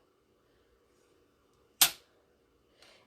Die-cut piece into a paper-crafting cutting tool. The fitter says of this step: and you can tell when it kind of locks in place see I can't move it now it locked right down in there